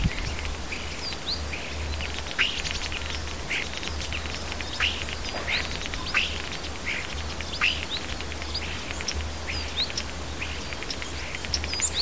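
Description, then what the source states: Birds: a soft chorus of small birds: scattered thin chirps and brief rising whistled notes over a constant low hum. Native birds in a hedge, recorded in March.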